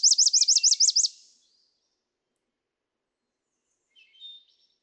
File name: Chipping Sparrow